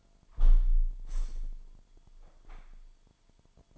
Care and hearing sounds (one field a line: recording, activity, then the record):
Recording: daily activity, microphone in the room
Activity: close window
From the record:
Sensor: 5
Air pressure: 998.1 hPa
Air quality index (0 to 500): 98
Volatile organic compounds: 2 ppm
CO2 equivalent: 1120 ppm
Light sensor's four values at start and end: 27/64/27/29 and 27/64/27/29